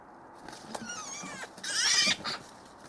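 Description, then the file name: Eurasian magpie harsh call: a few thin whistled notes, then a loud rasping burst lasting about half a second, and one short grating note after it. "Pica pica"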